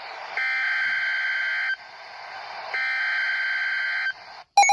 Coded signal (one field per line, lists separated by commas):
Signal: Emergency Alert System (SAME) tones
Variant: header bursts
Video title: Severe Thunderstorm Warning For My County/Area/Exit Route EAS#465